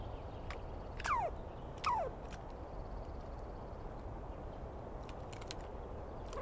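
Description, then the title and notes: Douglas squirrel uttering two quick downward-sliding calls about a second apart, then only steady outdoor hiss with a few faint ticks. Douglas pine squirrel heard at dawn, morning of 21 April 2017, in the East Cascades; screaming and calling persistently; identified by its sound, not clearly seen. "On the morning of 21 April, 2017, I set up my microphones and recorder for a nice dawn recording in the East Cascades. I was started awake by a screaming Douglas Pine Squirrel"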